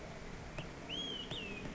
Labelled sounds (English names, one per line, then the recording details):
Olive-sided Flycatcher
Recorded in Sonoma County, California